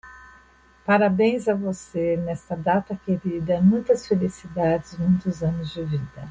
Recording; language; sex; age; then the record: short text; Brazilian Portuguese; female; 50 to 59 years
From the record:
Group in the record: control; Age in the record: 59 years